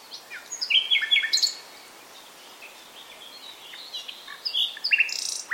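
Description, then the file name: Common nightingale song: loud whistled and chirping phrases at the start, a quiet stretch, then more varied whistles and sharp notes. "Luscinia megarhynchos"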